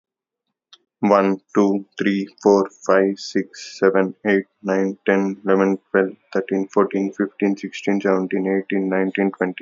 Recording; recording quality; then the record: counting at a fast pace; excellent, no background noise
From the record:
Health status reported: healthy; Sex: male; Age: 31 years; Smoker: yes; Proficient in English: yes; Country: India